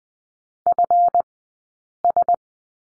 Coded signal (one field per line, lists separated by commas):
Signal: Morse code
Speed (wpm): 20 wpm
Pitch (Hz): 700 Hz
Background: none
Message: FS